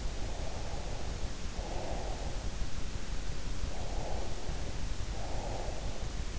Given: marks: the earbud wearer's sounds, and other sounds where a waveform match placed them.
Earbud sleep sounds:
sounds in sleep by an in-ear microphone; breath
0.20-2.53 s: breath
3.69-5.96 s: breath

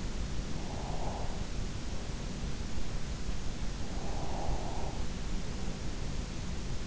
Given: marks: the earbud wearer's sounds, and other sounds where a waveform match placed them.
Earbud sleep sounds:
sounds in sleep by an in-ear microphone; breath
0.13-2.76 s: breath
3.51-6.36 s: breath

